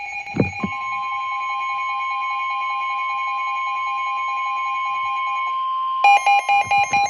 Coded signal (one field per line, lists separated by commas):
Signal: Emergency Alert System (SAME) tones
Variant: 1050 Hz attention tone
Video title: FLASH FLOOD WARNING FOR MY COUNTY AGAIN (Nov 12 2020) EAS#16